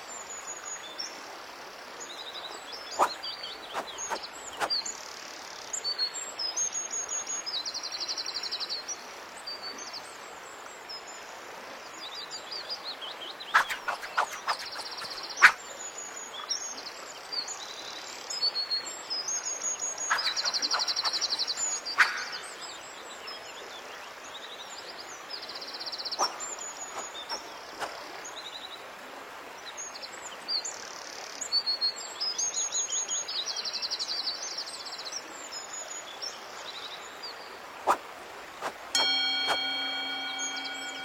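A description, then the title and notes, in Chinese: A steady rushing mountain stream hisses throughout while bright birds chirp repeatedly, with occasional sharp clicks and a ringing tone near the end. 白噪音 中国风 高山流水 武侠练剑修仙氛围。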